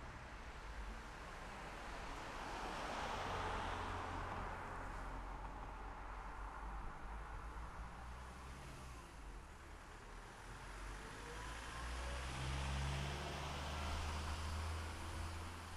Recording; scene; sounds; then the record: everyday scene through a hearing-aid microphone; in traffic; traffic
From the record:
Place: city secondary road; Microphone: behind the ear, left, front